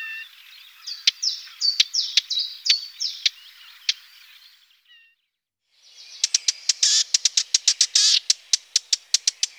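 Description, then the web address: Warbler song: a run of repeated short high notes mixed with sharp ticks for four seconds, a brief silence, then a fast scratchy chatter of clicks. "sons oiseaux fauvette"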